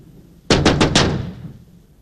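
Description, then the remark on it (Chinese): Four quick, sharp knocks on a door in a rapid cluster, loud and hollow, with a brief ringing decay afterward and no voices, from a scene in the film Farewell My Concubine. “蝶衣，你开开门。”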